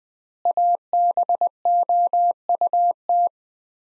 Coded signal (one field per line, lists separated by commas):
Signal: Morse code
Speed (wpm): 20 wpm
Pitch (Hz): 700 Hz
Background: none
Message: ABOUT